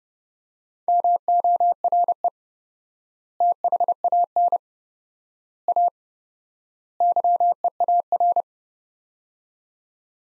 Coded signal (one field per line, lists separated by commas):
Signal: Morse code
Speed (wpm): 32 wpm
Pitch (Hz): 700 Hz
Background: none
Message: MORE THAN A YEAR